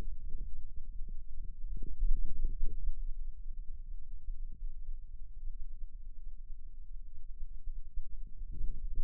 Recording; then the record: forearm muscle sounds (acoustic myography)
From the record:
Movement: radial deviation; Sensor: system 2, bracelet of six BSWA MPA416 microphones around the upper forearm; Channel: 5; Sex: male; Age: 22 years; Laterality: right